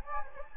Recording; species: mosquito wingbeat signal from an infrared sensor; Anopheles gambiae